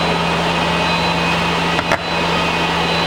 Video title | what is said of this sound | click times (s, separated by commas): MK6 Fiesta ST150 Electric Window Motor Replacement | to put it back you can literally just push it and it will pop into place so I'll just quickly do that now | 1.9 s